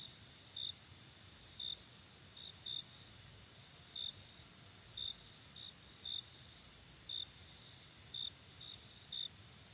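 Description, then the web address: Cricket giving brief high-pitched chirps about once per second, a few landing closer together, over a constant shrill background hum. "hobokenchicken kira. crickets"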